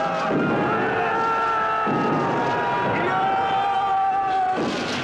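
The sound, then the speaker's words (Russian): German MG-42 machine gun fire rattles at point-blank range through a loud, continuous battle din as soldiers charge in an attack, their many voices shouting and yelling together, with heavy blasts swelling in and out across the scene. “Немцы стреляют из пулемета МГ-42 в упор. Солдаты бегут в наступление.”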